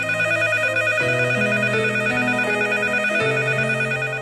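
An electronic telephone ringtone in a 2018 Beijing city radio ad plays a steady, loud melody of sustained tones that step between pitches, with no pauses and no voices over it.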